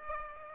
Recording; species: mosquito wingbeat signal from an infrared sensor; Aedes aegypti